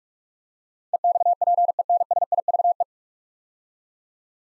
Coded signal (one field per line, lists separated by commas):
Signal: Morse code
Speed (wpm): 42 wpm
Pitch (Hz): 700 Hz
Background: none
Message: EXPENSIVE